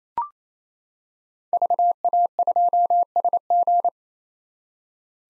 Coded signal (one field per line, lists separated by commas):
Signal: Morse code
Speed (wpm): 28 wpm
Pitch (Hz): 700 Hz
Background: none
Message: VA2SG